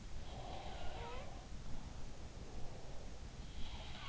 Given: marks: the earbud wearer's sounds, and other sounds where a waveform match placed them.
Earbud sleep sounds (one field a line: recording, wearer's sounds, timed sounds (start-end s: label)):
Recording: sounds in sleep by an in-ear microphone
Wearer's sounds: breath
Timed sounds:
0.18-2.39 s: sound from someone else or the room
0.18-3.43 s: breath
3.43-4.09 s: sound from someone else or the room